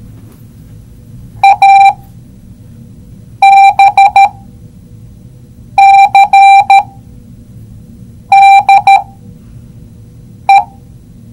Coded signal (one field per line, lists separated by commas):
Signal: Morse code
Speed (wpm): 13 wpm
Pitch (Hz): 790 Hz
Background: none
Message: A B C D E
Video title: See & hear morse code!